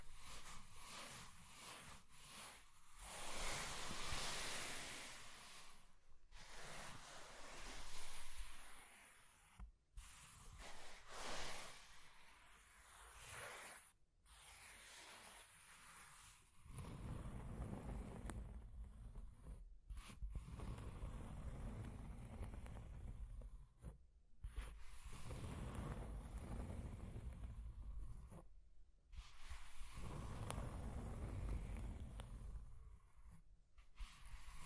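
Scratching and tracing on a surface: long, rough strokes of hiss broken by short pauses every few seconds. The first half is bright and airy, while later strokes turn lower and rumbling, with a dull, steady drag underneath.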